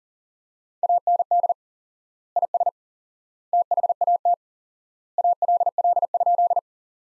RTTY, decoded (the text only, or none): none